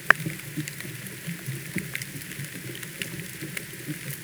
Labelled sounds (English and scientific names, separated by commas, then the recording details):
none
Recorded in pastures near Puerto Asís, Putumayo, Colombia, on 27 June 2025 at 16:30
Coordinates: 0.486, -76.323
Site H29